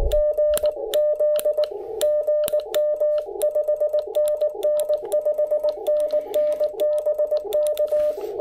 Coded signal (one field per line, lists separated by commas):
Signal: Morse code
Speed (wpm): 19 wpm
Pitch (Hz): 590 Hz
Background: none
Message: GZ GM 5NN 5NN BK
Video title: Cabin POTA: Pairing the IC-705and MC-750 vertical at Gorges State Park!